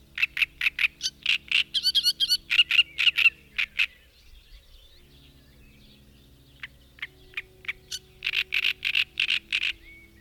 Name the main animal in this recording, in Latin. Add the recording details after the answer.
Acrocephalus arundinaceus. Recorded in the wild. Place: Balcik, Varna, BG. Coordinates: 43.427, 28.162. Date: 1974-06-07 05:00. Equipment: Nagra III BH, Sennheiser MD 21, parabola. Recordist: Schubert, Michael